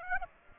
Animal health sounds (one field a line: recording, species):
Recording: mosquito wingbeat signal from an infrared sensor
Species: Aedes aegypti